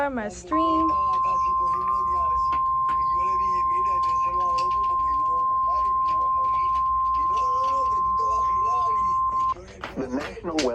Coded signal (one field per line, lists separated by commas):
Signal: Emergency Alert System (SAME) tones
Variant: 1050 Hz attention tone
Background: speech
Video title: OKX severe thunderstorm warning (3 stations) EAS #1020 #1021 #1022